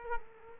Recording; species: mosquito wingbeat signal from an infrared sensor; Culex quinquefasciatus